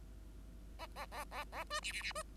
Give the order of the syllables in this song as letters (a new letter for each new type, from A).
A A A A A B C C C B